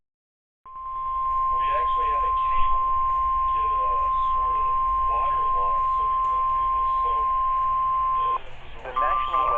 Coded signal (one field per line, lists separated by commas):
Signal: Emergency Alert System (SAME) tones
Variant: 1050 Hz attention tone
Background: speech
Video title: EAS Alerts